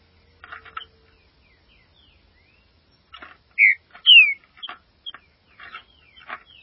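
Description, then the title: Green-winged saltator song: two loud, clear whistled notes in the middle, surrounded by soft scratchy chattering notes before and after. "Trinca Ferro"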